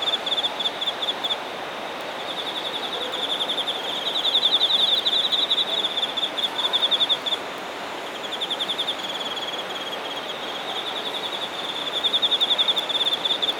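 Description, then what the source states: Insects chirring in fast, high-pitched pulse trains that grow louder around the middle and again near the end, over a constant hissing background; a faint, even higher buzz overlaps. Singing insects recorded in Shinagawa, Japan.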